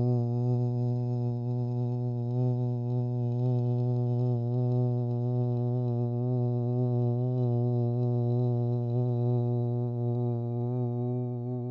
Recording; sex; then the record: sustained vowel /u/; male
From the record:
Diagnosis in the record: Parkinson's disease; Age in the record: 68 years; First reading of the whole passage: 85 s, 6.1 characters per second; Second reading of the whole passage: 63 s, 8.2 characters per second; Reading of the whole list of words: 49 s, 5.8 characters per second